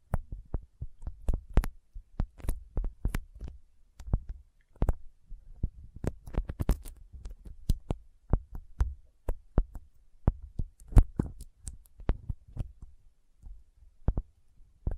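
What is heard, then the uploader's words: Sticky fingers pulling apart and pressing together, making sharp, crisp clicks and smacks at an irregular, fairly quick pace throughout. Under the snaps runs a soft, low thumping pulse, and the loudest pops cluster around the middle and near the end. ASMR Intense Sticky Finger Sounds (No Talking).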